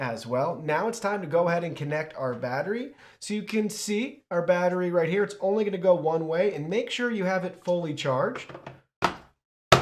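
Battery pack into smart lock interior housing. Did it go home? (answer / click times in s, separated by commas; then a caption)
yes / 9.7 s. Someone talks while a fully charged rechargeable battery pack, which fits only one way, is pushed into the back of the interior unit of a Eufy Smart Lock Touch & Wifi. After the talking stops, there is a short sharp sound at 9.0 s, then a loud snap at 9.7 s as the battery pack seats in place in the lock housing.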